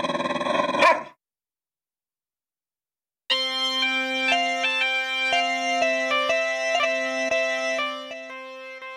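dog barking and growling

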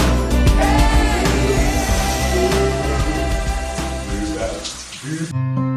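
shower running water

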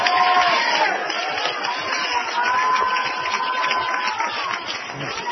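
audience shouting and cheering

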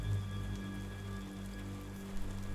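rain falling

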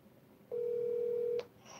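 phone call ringing

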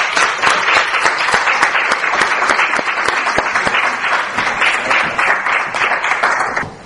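audience applause

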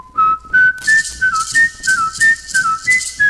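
man whistling a tune

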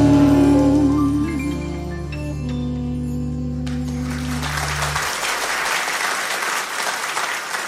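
audience applause

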